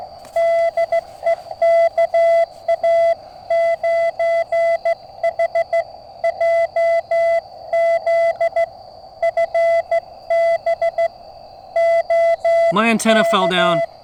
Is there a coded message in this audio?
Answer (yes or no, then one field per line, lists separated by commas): yes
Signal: Morse code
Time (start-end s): 0.4-13.8 s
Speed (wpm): 16 wpm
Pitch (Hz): 670 Hz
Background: speech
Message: DE KA9HJZ FB OK